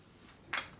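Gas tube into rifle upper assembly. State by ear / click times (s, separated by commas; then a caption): seated / 0.5 s. While a Vektor LM5/R5 South African Galil rifle is being reassembled, the gas tube is fitted first into the rifle's upper assembly. A single sharp metallic hit sounds at 0.5 s, and the gas tube locks into place.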